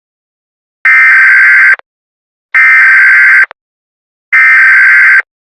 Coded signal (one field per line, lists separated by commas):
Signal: Emergency Alert System (SAME) tones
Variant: header bursts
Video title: DO NOT LOOK UP: An EAS Mock